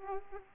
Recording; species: mosquito wingbeat signal from an infrared sensor; Aedes aegypti